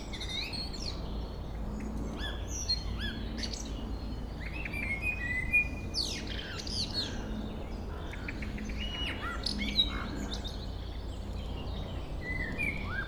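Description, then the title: Common blackbird song: a few fluted phrases with thin squeaky flourishes, amid many high chirps over a steady low rumble. Local blackbird singing at Chemin des cris, Chindrieux, France. "Chemin des cris, Chindrieux, France - Merle"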